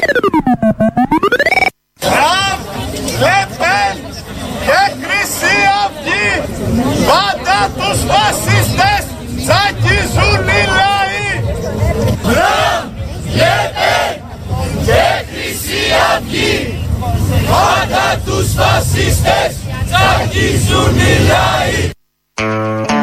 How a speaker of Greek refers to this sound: Αυτή είναι νεολαία του ΣΥΡΙΖΑ, φωνάζουν σύνθημα κατά του Τραμπ.